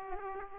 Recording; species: mosquito wingbeat signal from an infrared sensor; Aedes aegypti